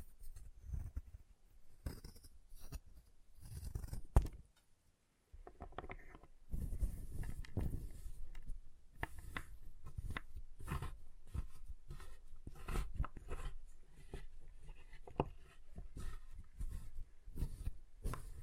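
Chalk being carved and cut, with short scraping and snipping strokes that come in quick, irregular bursts throughout. Dull low thumps underlie the sharper, brighter scratches, and the activity pauses briefly around the five-second mark before resuming more steadily.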